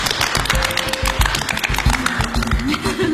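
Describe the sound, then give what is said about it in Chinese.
An audience claps steadily as a dessert is presented at a meal in the comedy show Beijing Happy Times, the dense patter running through the whole moment over a thumping, regular musical beat with a sustained tone. No one speaks. “甜品冰糖飞侠，鼓掌。”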